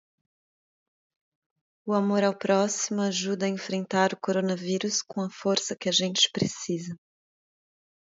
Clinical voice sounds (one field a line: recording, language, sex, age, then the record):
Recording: spoken sentence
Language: Brazilian Portuguese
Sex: female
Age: 30 to 39 years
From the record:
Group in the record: control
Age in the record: 31 years